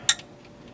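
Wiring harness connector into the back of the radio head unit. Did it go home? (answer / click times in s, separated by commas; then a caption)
yes / 0.1 s. An aftermarket radio head unit's plastic connector is pushed into the wiring harness plug of a 2004-2008 Ford F-150 and latches with a sharp, bright click at 0.1 s. A quiet stretch follows, then a second, weaker short sound at 0.8 s. The wiring harness connector is seated in the back of the head unit.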